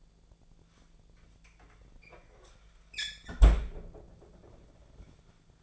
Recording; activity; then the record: daily activity, microphone in the room; close fridge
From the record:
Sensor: 5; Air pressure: 1009.8 hPa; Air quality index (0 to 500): 161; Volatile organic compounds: 4 ppm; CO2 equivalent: 1566 ppm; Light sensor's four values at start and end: 130/329/138/147 and 127/325/136/145